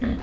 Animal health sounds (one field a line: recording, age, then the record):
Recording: pig call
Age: growing-finishing pig (85 days or more)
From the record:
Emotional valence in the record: negative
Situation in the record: barren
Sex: male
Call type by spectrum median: low-frequency call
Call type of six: low-frequency stable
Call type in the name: low-frequency stable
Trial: 4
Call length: 0.22 s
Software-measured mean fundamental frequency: 61 Hz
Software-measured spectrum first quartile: 141 Hz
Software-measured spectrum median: 247 Hz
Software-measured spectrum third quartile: 487 Hz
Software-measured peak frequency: 238 Hz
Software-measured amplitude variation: 115 dB a second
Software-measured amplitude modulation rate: 20.4 a second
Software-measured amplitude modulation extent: 5.7 dB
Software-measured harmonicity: 2.3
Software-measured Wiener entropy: -0.79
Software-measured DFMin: 1070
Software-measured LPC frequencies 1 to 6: 251, 1813, 3390, 5825, 6703, 7469 Hz